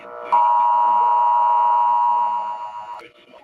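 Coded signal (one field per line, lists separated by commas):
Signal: Emergency Alert System (SAME) tones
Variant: 853 and 960 Hz attention tone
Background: speech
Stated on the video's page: Fictional EAS scenario, not a real alert.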